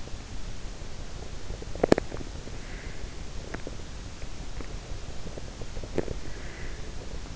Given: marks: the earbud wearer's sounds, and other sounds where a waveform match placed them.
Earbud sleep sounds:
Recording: sounds in sleep by an in-ear microphone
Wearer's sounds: teeth grinding, breath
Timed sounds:
1.73-2.33 s: teeth grinding
2.54-3.03 s: breath
3.33-3.91 s: teeth grinding
4.45-4.84 s: teeth grinding
5.75-6.24 s: teeth grinding
6.24-6.90 s: breath

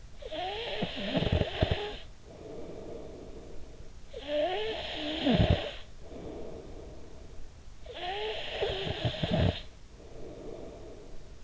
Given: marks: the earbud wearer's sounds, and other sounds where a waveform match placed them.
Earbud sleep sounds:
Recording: sounds in sleep by an in-ear microphone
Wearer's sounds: snoring breath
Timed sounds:
0.00-11.44 s: snoring breath

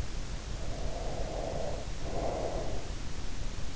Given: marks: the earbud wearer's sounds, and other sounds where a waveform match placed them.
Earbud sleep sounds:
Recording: sounds in sleep by an in-ear microphone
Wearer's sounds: breath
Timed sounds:
0.15-3.00 s: breath

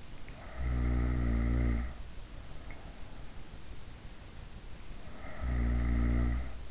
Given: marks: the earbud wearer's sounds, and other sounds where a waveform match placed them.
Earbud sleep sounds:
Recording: sounds in sleep by an in-ear microphone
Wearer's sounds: snoring breath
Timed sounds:
0.31-2.31 s: snoring breath
5.31-6.71 s: snoring breath

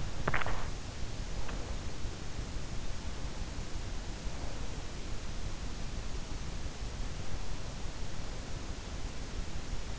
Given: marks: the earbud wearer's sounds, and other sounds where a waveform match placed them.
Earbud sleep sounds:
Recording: sounds in sleep by an in-ear microphone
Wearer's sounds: swallowing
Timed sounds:
0.00-0.98 s: swallowing

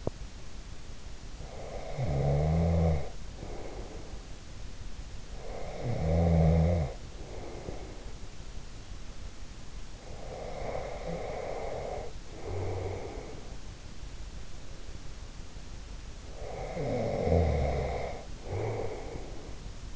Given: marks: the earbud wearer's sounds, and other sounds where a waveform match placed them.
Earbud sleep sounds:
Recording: sounds in sleep by an in-ear microphone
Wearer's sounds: teeth grinding, snoring breath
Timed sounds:
0.00-0.28 s: teeth grinding
1.39-4.28 s: snoring breath
5.31-8.22 s: snoring breath
9.99-13.71 s: snoring breath
16.22-19.60 s: snoring breath

